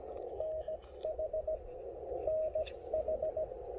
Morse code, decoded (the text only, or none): NH NH